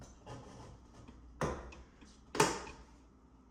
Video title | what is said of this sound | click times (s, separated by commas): Replace a Bathroom Vent Fan, Easy 5 min Fix | if you heard the little pop I hope I wasn't in the way when it did it | 2.4 s